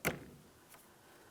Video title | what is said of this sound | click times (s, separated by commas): How to Install Rear Wiper Blade 2000-2006 Chevrolet Tahoe | Once you have it in position, slide it till you hear a click. | 0.1 s